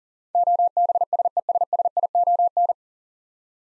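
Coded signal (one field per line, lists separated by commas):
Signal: Morse code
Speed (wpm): 40 wpm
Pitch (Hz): 700 Hz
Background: none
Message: OBSESSION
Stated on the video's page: Morse practice drill of nine-letter words at 40 wpm, each sent, spoken, then resent for head-copy.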